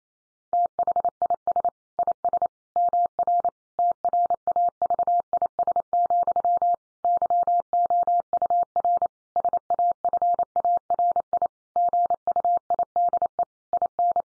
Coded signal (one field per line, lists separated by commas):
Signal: Morse code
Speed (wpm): 28 wpm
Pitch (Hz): 700 Hz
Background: none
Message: THIS IS MR TRAVIS, YOUR SAFARI GUIDE IN